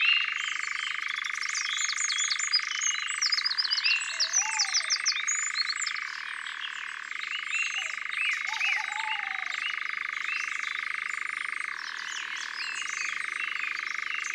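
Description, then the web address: European nightjar's sustained churring trill, dropping and rising in pitch every few seconds, over a lively chorus of other songbirds and occasional low whistles. "Engoulevent-d Europe. abc de la nature"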